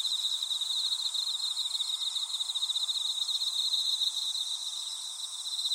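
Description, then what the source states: Insect chorus of fast, evenly pulsed trilling with a constant high ringing drone above, unbroken for the whole stretch. Insects calling in a grassy patch.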